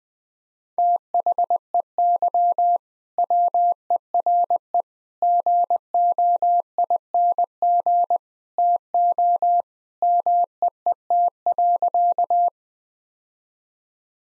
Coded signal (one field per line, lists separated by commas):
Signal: Morse code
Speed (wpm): 20 wpm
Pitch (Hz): 700 Hz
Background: none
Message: THEY WERE GOING TO MEET.